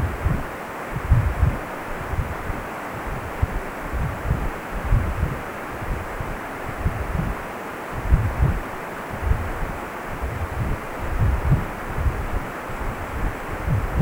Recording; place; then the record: Doppler ultrasound of blood flow; precordium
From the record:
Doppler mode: continuous wave and pulsed wave in the uncut recording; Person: healthy adult, 18 to 50 years, no heart murmur, not diving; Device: 2.5 MHz transducer